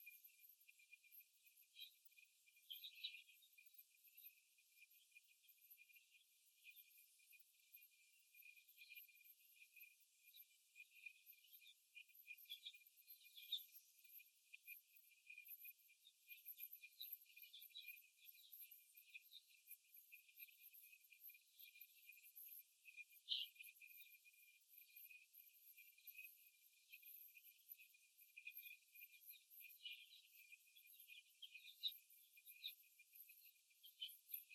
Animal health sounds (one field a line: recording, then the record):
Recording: young laying hens in a cage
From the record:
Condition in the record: after the stressor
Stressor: simulated dog barking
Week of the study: 1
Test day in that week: 2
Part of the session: 4